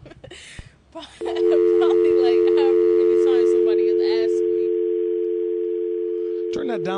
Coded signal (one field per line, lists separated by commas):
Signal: telephone call progress tone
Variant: North America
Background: speech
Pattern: dial tone